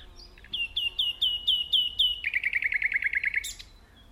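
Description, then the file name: Common nightingale song: a series of several repeated whistled notes, then a rapid lower trill of many notes ending in a sharp high flourish. "Luscinia megarhynchos"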